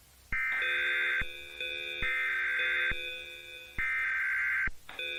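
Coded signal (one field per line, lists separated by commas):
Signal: Emergency Alert System (SAME) tones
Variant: header bursts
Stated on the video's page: Fictional EAS scenario of a US earthquake alert; tones may be valid.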